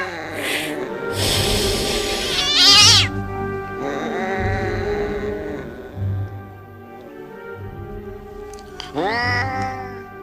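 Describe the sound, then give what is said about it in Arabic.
A cat meows repeatedly in long, wavering, high-pitched yowls, some rising and falling sharply, with a low steady hum running underneath. “ايوه بخاف منها، بخاف منها ومن صوتها.”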